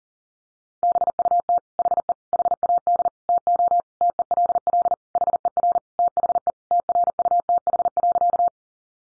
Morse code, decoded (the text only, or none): BUT HE HAD TO TELL HER THE TRUTH.